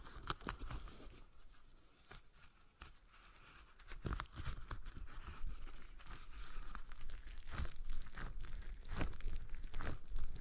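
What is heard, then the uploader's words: A stress ball is squeezed and kneaded in irregular bursts of soft crackling and squelching, with sharper snaps near four and seven and a half seconds. ASMR Relaxing Stress Ball Sounds (No Talking).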